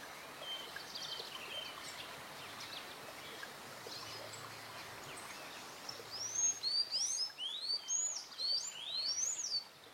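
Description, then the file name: Sayaca tanager giving a fast twittering series of high, squeaky slurred notes in the last few seconds, after a stretch of steady background hiss. "Canto do sanhacu cinzento"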